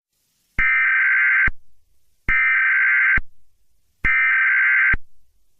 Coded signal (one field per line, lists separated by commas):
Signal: Emergency Alert System (SAME) tones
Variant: header bursts